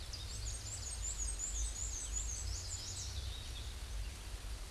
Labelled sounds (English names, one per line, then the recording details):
Black-and-white Warbler song
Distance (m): 15 m
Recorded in a Pennsylvania forest on 18 May 2023 at 14:00
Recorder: AudioMoth, point grid1_9_low
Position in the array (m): 69 m, 90 m